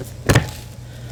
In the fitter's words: All right, it does make a satisfying click.